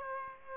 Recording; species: mosquito wingbeat signal from an infrared sensor; Aedes aegypti